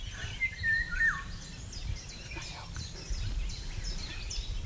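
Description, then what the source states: Eurasian golden oriole song: a clear, fluty whistled phrase slurring downward, followed by busy high chirps from other birds over a low rumble. Heard in the old upper stream valley of the Fivel, east of Groningen; song described as melodious, warm, carrying everywhere and unmistakable.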